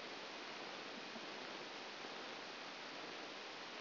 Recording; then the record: brain microelectrode recording played as sound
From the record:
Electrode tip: outside the subthalamic nucleus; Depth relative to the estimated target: 2 mm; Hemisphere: left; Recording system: AlphaMap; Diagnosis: Parkinson's disease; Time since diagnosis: 11 years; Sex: female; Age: 60 years